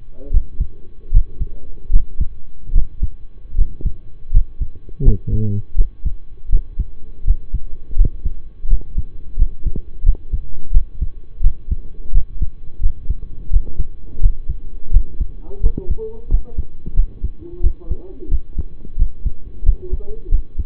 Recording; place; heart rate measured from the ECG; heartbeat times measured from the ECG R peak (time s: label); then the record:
heart sounds by stethoscope; between the tricuspid and mitral areas; 84 bpm
0.31 s: heartbeat
1.11 s: heartbeat
1.90 s: heartbeat
2.72 s: heartbeat
3.55 s: heartbeat
4.30 s: heartbeat
5.02 s: heartbeat
5.75 s: heartbeat
6.49 s: heartbeat
7.24 s: heartbeat
7.95 s: heartbeat
8.68 s: heartbeat
9.36 s: heartbeat
10.03 s: heartbeat
10.71 s: heartbeat
11.41 s: heartbeat
12.12 s: heartbeat
12.80 s: heartbeat
13.50 s: heartbeat
14.20 s: heartbeat
14.91 s: heartbeat
15.60 s: heartbeat
16.28 s: heartbeat
16.94 s: heartbeat
17.61 s: heartbeat
18.29 s: heartbeat
18.96 s: heartbeat
19.63 s: heartbeat
20.29 s: heartbeat
From the record:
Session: rest, lying down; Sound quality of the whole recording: partially saturated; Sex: male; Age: 25 years